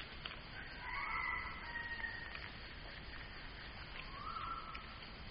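A rooster crows twice over a steady background hiss as dawn approaches: first a long, drawn-out call, then a shorter, softer crow a few seconds later. No one speaks.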